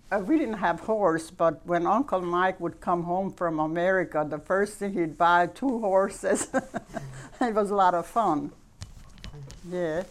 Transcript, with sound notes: We didn't have a horse, but when Uncle Mike would come home from America the first thing he buyed two horses. ( she laughs ) It was a lot of fun, yes.